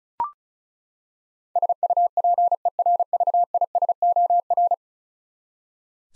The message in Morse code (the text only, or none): SUPERVISOR